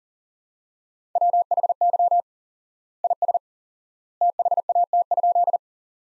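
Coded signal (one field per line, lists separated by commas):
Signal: Morse code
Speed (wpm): 40 wpm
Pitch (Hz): 700 Hz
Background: none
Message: WHY IS THAT?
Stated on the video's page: Morse practice at 40 wpm, sentences from top 200 words with 4x word spacing, similar to the Farnsworth method.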